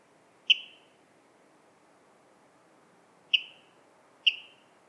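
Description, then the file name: Water rail calling with three bright, abrupt notes, the first alone and the last two spaced about a second apart, over a quiet background. "Waterral Rallus aquaticus"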